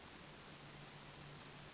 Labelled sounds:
Western Flycatcher (Empidonax difficilis)
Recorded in Sonoma County, California

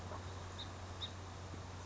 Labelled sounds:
Song Sparrow (Melospiza melodia)
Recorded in Sonoma County, California

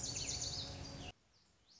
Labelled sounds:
Lazuli Bunting (Passerina amoena)
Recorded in Sonoma County, California

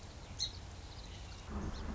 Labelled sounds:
Song Sparrow (Melospiza melodia)
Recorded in Sonoma County, California

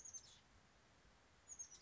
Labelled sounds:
Oak Titmouse (Baeolophus inornatus)
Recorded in Sonoma County, California

